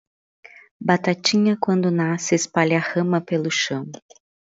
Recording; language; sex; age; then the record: short text; Brazilian Portuguese; female; 40 to 49 years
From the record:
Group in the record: control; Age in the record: 48 years